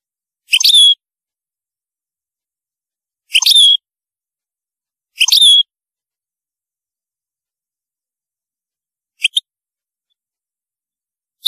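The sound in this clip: European goldfinch calls: three short bursts of sharp twittered notes a few seconds apart, then fainter notes after a longer gap.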